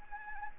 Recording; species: mosquito wingbeat signal from an infrared sensor; Anopheles gambiae